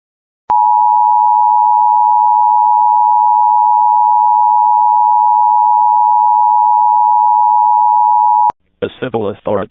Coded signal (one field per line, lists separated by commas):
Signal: Emergency Alert System (SAME) tones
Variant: 853 and 960 Hz attention tone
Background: speech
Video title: (EAS #8) Shelter In Place Warning Shiawassee County, Michigan 03/03/2026! #safety #michigan